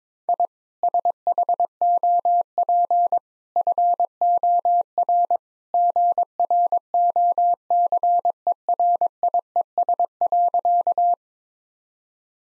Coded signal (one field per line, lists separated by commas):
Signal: Morse code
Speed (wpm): 21 wpm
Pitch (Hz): 700 Hz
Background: none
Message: I SHOP FOR GROCERIES.